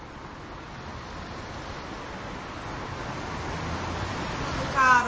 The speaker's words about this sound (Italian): Sentite il tempo ci fa. C'è un vento qua. Un vento incredibile. Un vento europeo pazzesco.